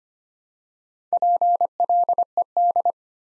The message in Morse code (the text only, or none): PLED